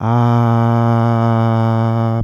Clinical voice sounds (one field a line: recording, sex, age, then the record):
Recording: sustained vowel /a/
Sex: male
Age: 20 to 29 years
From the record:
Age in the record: 23 years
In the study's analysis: included